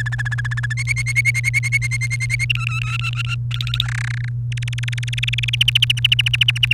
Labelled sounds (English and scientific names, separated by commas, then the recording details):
Domestic Canary (Serinus canaria) song
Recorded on 29 April 2018 at 11:42
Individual llb3